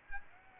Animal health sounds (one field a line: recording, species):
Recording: mosquito wingbeat signal from an infrared sensor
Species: Aedes aegypti